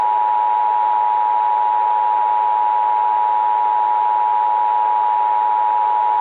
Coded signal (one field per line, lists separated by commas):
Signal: Emergency Alert System (SAME) tones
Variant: 853 and 960 Hz attention tone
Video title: EAS SCENARIO/ANALOG HORROR - Crash FM Catastrophe (4:3 Edition)